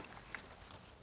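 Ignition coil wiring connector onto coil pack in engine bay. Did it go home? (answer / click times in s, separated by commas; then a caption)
no / none. Plastic ignition coil wiring connectors are being handled onto the coil packs in the engine bay of a B8 Audi S4 3.0T supercharged engine after new spark plugs are installed. Only quiet handling noise and a brief soft tick near 0.3 s sit over a low steady background. Nothing has seated or clicked yet.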